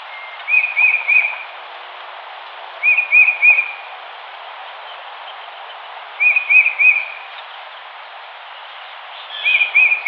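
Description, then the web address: Tufted titmouse song: four clear whistled phrases of a few quick notes, spaced a few seconds apart, over a steady hiss. Recorded 4 January 2007. "Tufted Titmouse 2007 01 04"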